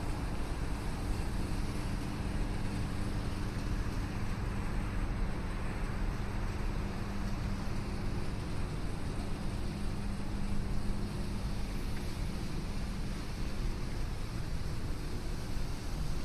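A steady city rumble of traffic fills a Chicago morning, with a constant low engine drone and faint hum, loudness barely changing throughout.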